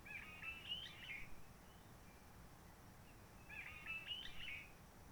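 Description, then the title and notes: Réunion bulbul delivers two bright warbled phrases a few seconds apart, against soft steady background noise. Roche Merveilleuse, Réunion; forest quiet since lockdown of 19 March 2020, no visitors, microlights or helicopters; sunny blue sky; birds not very active; song simpler, short phrases adapted to past aircraft noise. "Roche Merveilleuse, Réunion - Merle de lîle de la Réunion. Merle de la Réunion. depuis le 19 mars 2020"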